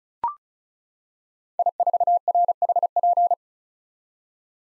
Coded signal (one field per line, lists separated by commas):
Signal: Morse code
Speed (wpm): 34 wpm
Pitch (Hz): 700 Hz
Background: none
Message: I4RHP